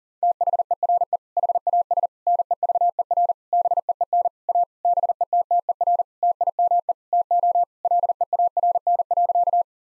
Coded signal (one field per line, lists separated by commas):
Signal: Morse code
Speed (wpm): 40 wpm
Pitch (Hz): 700 Hz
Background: none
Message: THERE HAS NEVER BEEN A BETTER TIME TO LEARN.